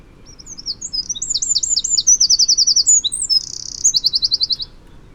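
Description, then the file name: Eurasian wren song: very high, hurried chirps build into a fast even trill, a short buzzing stretch, then one more rapid trill ending abruptly. "Troglodytes troglodytes"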